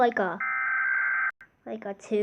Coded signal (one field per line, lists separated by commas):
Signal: Emergency Alert System (SAME) tones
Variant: header bursts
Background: speech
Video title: Rating eas alarms